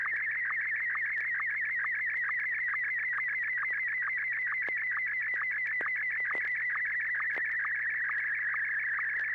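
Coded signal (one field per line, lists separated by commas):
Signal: SSTV (slow-scan television)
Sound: continuous warbling, chirping tone with fast regular ticks, like a scanning image signal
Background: low electrical hum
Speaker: This is Kilo India 1 Tango Tango Yankee.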